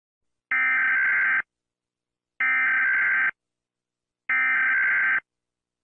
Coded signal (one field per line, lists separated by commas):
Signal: Emergency Alert System (SAME) tones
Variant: header bursts